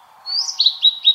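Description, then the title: Blue-and-white flycatcher song fragment: a clear whistle rises, then drops into three quick repeated high notes. Recorded at Kirifuri Highlands, Tochigi Prefecture, Japan. "朝の小鳥. 霧降高原（栃木県）のオオルリ"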